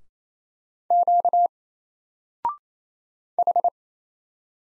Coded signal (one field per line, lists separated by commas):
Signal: Morse code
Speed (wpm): 27 wpm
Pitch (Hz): 700 Hz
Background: none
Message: Q H